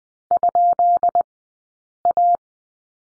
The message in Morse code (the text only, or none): ?A